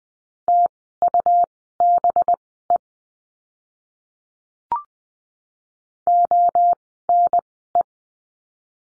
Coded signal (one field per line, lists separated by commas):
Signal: Morse code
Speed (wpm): 20 wpm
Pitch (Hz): 700 Hz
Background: none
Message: TUBE ONE